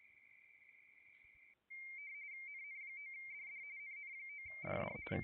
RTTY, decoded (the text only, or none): NN9DD NN9DD